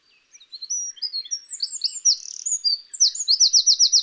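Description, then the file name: Eurasian wren pouring out a fast, piercing song of varied high chirps and short whistles that builds into a rapid rattling trill at the end. "Troglodytes troglodytes"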